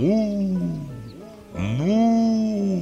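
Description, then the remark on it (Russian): A human voice imitates a cow mooing with two drawn-out, low, tonal moos. The first falls in pitch, and after a brief dip the second rises and holds steady. “Она видит, как из слухового окна глядят на нее голуби и слышит, как мычит корова.”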